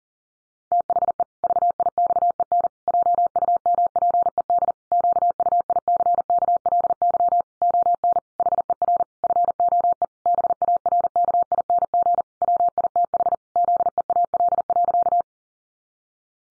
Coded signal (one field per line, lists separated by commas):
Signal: Morse code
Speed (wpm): 40 wpm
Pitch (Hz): 700 Hz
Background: none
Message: THE VIXEN JUMPED QUICKLY ON HER FOE BARKING WITH ZEAL.